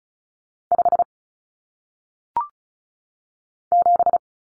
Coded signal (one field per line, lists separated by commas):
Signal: Morse code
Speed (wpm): 35 wpm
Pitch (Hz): 700 Hz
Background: none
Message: 5 7